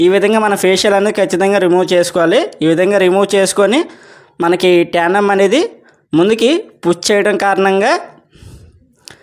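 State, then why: Seated. With the front panel removed, a tandem box drawer is pushed forward and pressed firmly onto its runner locking clips while someone talks. A sharp click at 9.1 s marks the clips locking home, and the drawer is seated.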